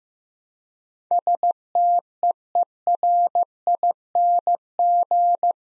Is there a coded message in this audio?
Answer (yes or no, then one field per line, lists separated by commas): yes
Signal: Morse code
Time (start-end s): 1.1-5.5 s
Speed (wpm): 15 wpm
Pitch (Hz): 700 Hz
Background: none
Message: STEERING